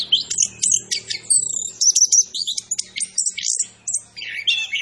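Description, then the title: Orange-headed thrush song of quick high chirps and twisting whistles in short bursts, over a soft low droning hum. Indonesian name anis kembang; described as gacor, meaning actively singing; bird referred to as Macan B2. "Anis Kembang Gacor. Suara Anis Kembang Macan B2"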